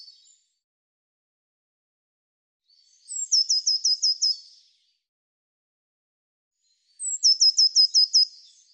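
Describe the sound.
Bird song: a brief fragment, then two high, ringing phrases, each a fast string of about seven down-slurred notes after a brief lead-in, separated by a pause.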